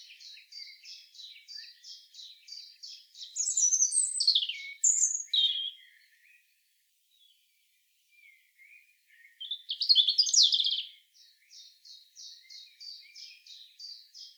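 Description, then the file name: European robin singing high, thin repeated notes that break into bright cascading phrases, a pause with a few faint notes, then another tumbling phrase and more rapid repeated notes. "Erithacus rubecula"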